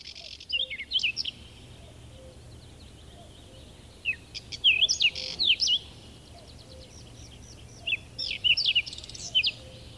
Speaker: Nyt on paras aika tutustua pensastaskuun, sillä tämä pirteä pikkulintu on helpoin huomata keski- ja loppukesällä, poikasia varoitellessaan ja poikuena pyrähdellessään.